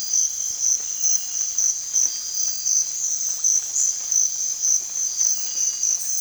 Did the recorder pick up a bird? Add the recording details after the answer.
no. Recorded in dense forest near Puerto Asís, Putumayo, Colombia, on 20 December 2024 at 04:30. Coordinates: 0.468, -76.322. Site G071